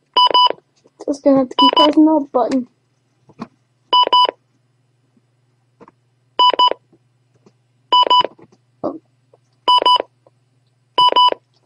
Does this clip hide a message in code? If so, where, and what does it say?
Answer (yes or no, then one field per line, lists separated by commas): no